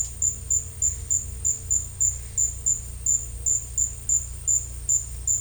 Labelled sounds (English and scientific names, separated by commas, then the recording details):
none
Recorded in dense forest near Puerto Asís, Putumayo, Colombia, on 16 December 2024 at 13:30
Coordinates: 0.467, -76.328
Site GP05